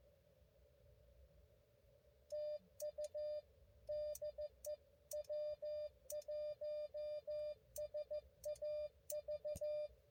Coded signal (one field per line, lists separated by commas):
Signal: Morse code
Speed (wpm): 14 wpm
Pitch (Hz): 590 Hz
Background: none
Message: TU DE W1SAV